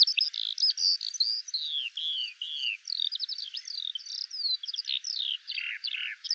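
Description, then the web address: Eurasian skylark giving a fast, near-continuous stream of high chirping and trilled notes, varying constantly in pitch. "alauda arvensis call"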